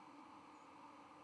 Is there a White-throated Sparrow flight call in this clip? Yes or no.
yes